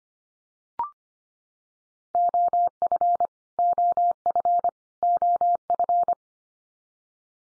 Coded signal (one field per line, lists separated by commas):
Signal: Morse code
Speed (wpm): 25 wpm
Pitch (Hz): 700 Hz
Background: none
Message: OF OF OF